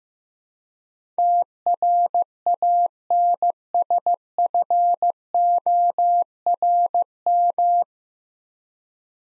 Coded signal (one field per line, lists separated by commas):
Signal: Morse code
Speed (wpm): 15 wpm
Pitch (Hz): 700 Hz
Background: none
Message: TRANSFORM